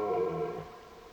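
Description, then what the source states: Red deer bellow: a short, hoarse harmonic roar, loudest at the start and fading within a second. Old stag bellowing during the rut; the Dutch name for this rutting roar is burlen.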